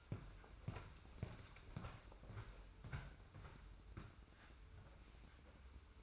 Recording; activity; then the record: daily activity, microphone in the room; walk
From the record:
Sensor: 2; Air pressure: 990.6 hPa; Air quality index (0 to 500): 182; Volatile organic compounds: 1000 ppm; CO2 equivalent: 5771 ppm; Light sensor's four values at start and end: 26/61/25/25 and 25/60/24/24